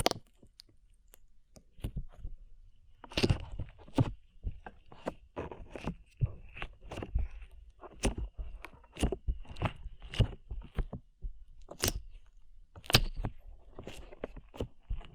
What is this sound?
ASMR SLIME